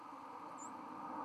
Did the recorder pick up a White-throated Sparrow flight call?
no